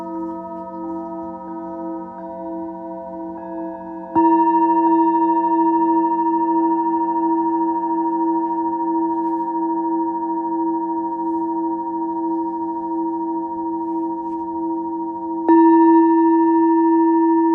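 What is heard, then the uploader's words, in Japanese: A singing bowl rings with a steady, sustained hum: a strong low tone with several bright, pure overtones above it. New strikes at about 4 and 15.5 seconds lift the volume abruptly, and each time the ringing holds evenly without fading much. Nothing else is heard. メキシコから シンギングボウルのサウンドヒーリング。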